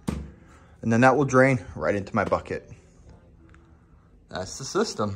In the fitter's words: then I have an elbow that pops right in there